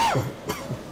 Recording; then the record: coughing mixed with background sound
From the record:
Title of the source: Dry Coughing Fit in the Afternoon.